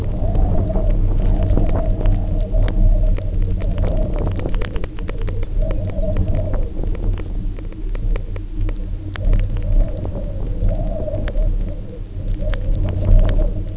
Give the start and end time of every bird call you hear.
[5.42, 6.58] Lapland Longspur (Calcarius lapponicus) (3.2-5.5 kHz)

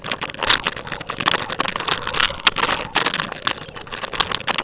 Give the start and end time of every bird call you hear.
[3.31, 4.30] Lapland Longspur (Calcarius lapponicus) (2.8-5.3 kHz)

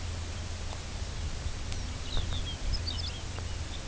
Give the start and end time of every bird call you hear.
[1.67, 3.79] Lapland Longspur (Calcarius lapponicus) (2.3-6.7 kHz)

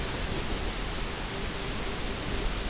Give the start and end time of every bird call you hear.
[0.02, 2.70] Pectoral Sandpiper (Calidris melanotos) (0.2-0.8 kHz)

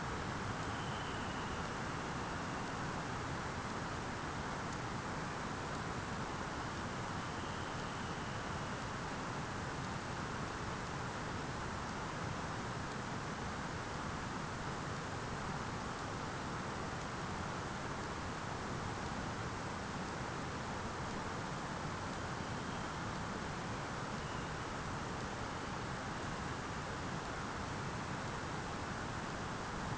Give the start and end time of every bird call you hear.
[0.01, 2.88] Dunlin (Calidris alpina) (2.0-4.0 kHz)
[6.20, 9.46] Dunlin (Calidris alpina) (2.0-4.3 kHz)
[22.09, 24.64] Dunlin (Calidris alpina) (1.8-4.1 kHz)

